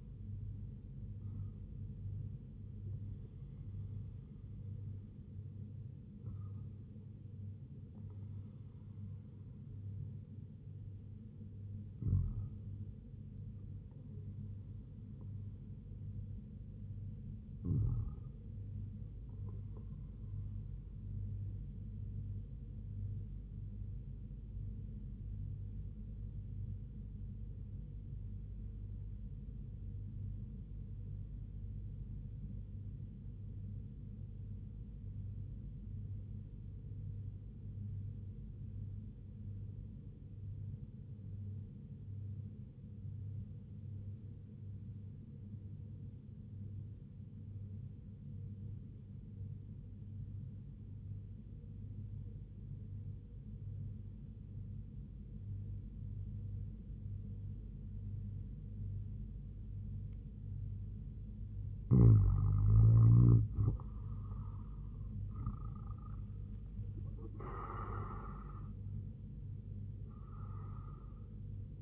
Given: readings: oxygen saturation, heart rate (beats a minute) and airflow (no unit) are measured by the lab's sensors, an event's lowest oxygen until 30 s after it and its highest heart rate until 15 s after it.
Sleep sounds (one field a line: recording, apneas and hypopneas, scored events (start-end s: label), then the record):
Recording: breathing in sleep by a smartphone at the bedside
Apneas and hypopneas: 1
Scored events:
17.00-62.60 s: hypopnea (REM, oxygen 100% highest, then 93% lowest, heart rate 77 at the start, 89 highest)
From the record:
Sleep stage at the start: REM sleep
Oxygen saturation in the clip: 94 to 100%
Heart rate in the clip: 72 to 87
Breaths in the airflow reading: 11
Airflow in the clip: -6.5 to 6.8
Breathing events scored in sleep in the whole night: 158 in 7.3 hours asleep